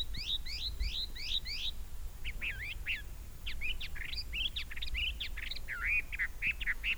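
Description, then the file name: Chinese hwamei song of varied looping whistles, first in fast repeated groups, then rising and falling slurred notes, continuing steadily against low background noise. Recorded at Dai Yun Shan, Fujian, China, on 9 May 2012. "Chinese Hwamei Song 120509-024 Fujian Dai Yun Shan"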